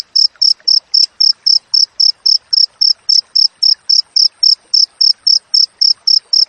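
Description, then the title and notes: Cricket song: piercing high chirps repeated at an even fast beat, close to four per second, throughout. Wild crickets with tightly spaced chirps, used for training songbirds and for repelling rats. "Masteran Jangkrik Alam Jernih, Jeda Rapat Cocok Untuk Masteran Burung Dan Mengusir Tikus. suara jangkrik"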